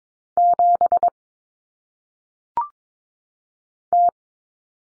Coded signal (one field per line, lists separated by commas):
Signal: Morse code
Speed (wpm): 22 wpm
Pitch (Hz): 700 Hz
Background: none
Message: 7 T